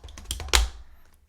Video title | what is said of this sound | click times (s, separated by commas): 오래된 노트북 업그레이드 하기 / 분해 및 조립 / SONY VAIO / E-Series / SVE15128CKW | 딱딱 걸리는 소리가 났을 거에요 자 | 0.3 s, 0.5 s